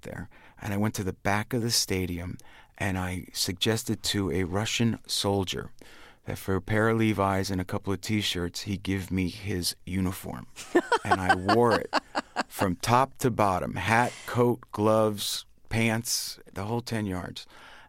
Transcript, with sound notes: And I went to the back of the stadium. And I suggested to a Russian soldier that for a pair of Levi's and a couple of T-shirts, he'd give me his uniform.
(Laughter).
And I wore it from top to bottom - hat, coat, gloves, pants, the whole 10 yards.